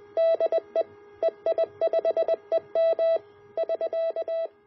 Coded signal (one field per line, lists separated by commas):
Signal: Morse code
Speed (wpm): 20 wpm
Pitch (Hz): 660 Hz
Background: none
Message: DE EI5EM <SK>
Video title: A Complete Homebrew QRP, CW HF Station